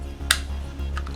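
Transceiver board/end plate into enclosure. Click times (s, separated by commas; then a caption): 0.3 s. A small radio kit's transceiver board and end plate slide along an aluminium case and snap into the enclosure. A sharp, bright snap at 0.3 s stands out over a steady low hum, and a fainter tick follows near 1.0 s. The part is seated, snapped in place.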